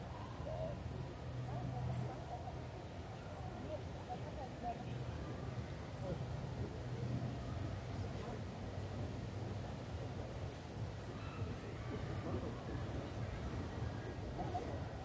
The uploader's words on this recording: The bustling scenery of Munich's famous Englischer Garten. A Sunday afternoon.